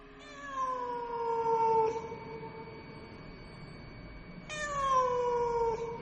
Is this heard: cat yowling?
yes